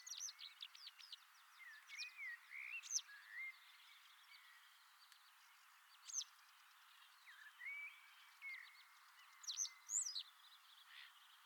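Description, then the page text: Citrine wagtail calls: short buzzy rising notes mixed with sharp high chips, given in scattered bursts separated by brief quiet gaps. Recorded in Ladakh. "citrine wagtail – Birds of Ladakh"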